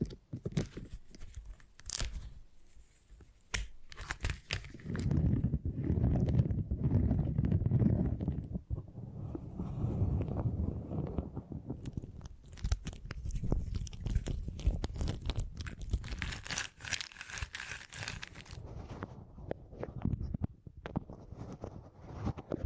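Beeswax being pressed and worked, giving dense crackly crunches and low soft rubbing, with sharp snaps throughout and a brighter scratchy patch near 16–18 seconds.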